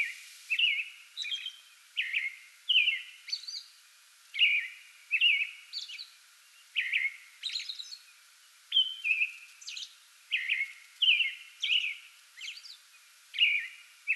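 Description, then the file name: American robin delivering a long, continuous series of caroled whistled phrases and higher squeaky notes. Pre-dawn song bout, 8 May 2022. "2022-05-08 American Robin pre-dawn song bout"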